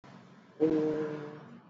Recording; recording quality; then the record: sustained vowel as in boot; excellent, no background noise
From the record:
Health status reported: exposed to COVID-19, no respiratory illness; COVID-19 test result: not tested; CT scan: not taken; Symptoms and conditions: none ticked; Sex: male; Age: 24 years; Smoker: no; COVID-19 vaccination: both doses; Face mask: worn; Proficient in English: yes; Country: India